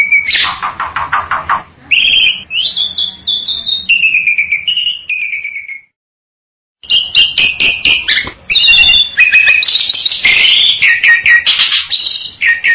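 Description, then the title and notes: Bird song of varied whistles and harsh chattering phrases that break off into a second of silence, then resume with rapid high trills. "Bird Sound. Kicau Burung Lengkap"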